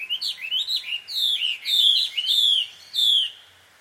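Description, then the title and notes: Bird chirping calls, a series of sharp, high chirps, with a brief pause before a final note. A pair of birds quarrelling at dusk, recorded in Takao, Japan; field recording. "鳥の夫婦喧嘩 – Birds Quarrel At Dusk. Recorded in Takao Japan"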